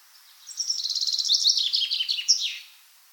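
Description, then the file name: Common chaffinch singing a brisk cascade of repeated high notes that drop in pitch through several trilled sections before a final emphatic flourish. "Fringilla coelebs"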